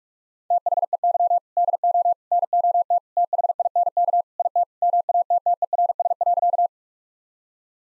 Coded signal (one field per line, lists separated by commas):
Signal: Morse code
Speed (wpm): 44 wpm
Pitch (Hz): 700 Hz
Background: none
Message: THEY DO NOT THINK IT MATTERS.